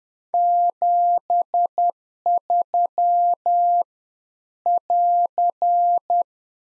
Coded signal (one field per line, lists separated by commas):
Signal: Morse code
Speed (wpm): 10 wpm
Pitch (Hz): 700 Hz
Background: none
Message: 73 <AR>